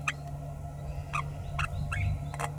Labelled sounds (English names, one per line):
Green-rumped Parrotlet babbling